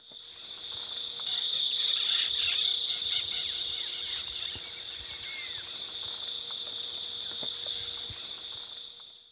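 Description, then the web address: Pale-rumped swift giving scattered, very high, thin twittering chirps in brief bursts every second or so, over a steady high-pitched insect drone. Recorded in Ecuador. "Birds of Ecuador. Pale-Rumped Swift"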